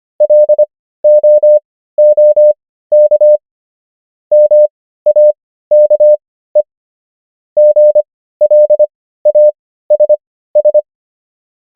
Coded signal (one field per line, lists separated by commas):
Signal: Morse code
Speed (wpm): 25 wpm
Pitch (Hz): 600 Hz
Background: none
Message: LOOK MAKE GLASS